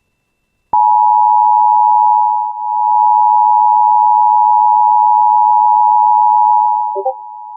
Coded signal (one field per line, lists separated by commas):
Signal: Emergency Alert System (SAME) tones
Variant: 853 and 960 Hz attention tone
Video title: [EAS] Severe Thunderstorm Warning for Cass and Itsaca Counties including Grand Rapids(7/25/25)